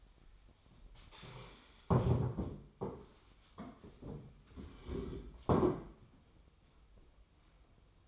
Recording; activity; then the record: daily activity, microphone in the room; stand up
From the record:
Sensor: 1